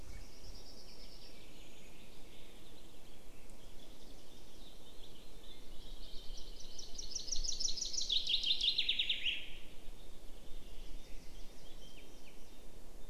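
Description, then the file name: Common chaffinch song, a series of sharp notes dropping in pitch to a terminal flourish, with soft background birds and low rumbling noise. "Fringilla coelebs"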